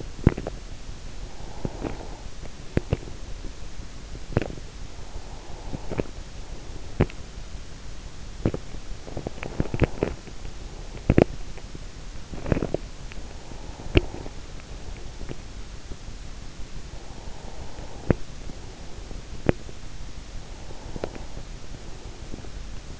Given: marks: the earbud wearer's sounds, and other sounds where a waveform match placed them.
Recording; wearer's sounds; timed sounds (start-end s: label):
sounds in sleep by an in-ear microphone; teeth grinding, breath
0.00-7.47 s: teeth grinding
0.97-3.18 s: breath
4.81-6.82 s: breath
8.19-14.56 s: teeth grinding
8.77-10.85 s: breath
14.56-15.99 s: breath
16.90-19.75 s: breath
17.78-19.86 s: teeth grinding
20.40-23.00 s: breath
20.79-23.00 s: teeth grinding